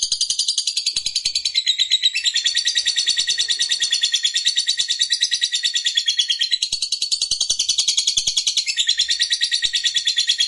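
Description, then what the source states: Lovebird song: a long, continuous stream of rapid, buzzy high chirps and trills that shift pitch in steps, with no pauses throughout. Fighter lovebird singing energetically (gacor).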